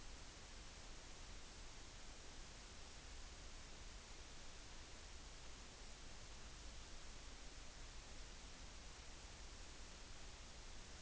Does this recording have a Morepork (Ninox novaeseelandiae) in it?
no